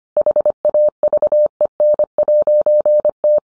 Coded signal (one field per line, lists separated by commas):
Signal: Morse code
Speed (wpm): 25 wpm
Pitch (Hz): 600 Hz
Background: none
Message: HAVEN'T